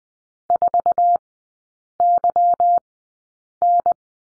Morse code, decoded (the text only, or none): 4YN